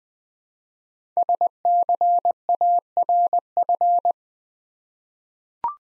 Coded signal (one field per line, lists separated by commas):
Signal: Morse code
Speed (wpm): 20 wpm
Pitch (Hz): 700 Hz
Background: none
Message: SCARF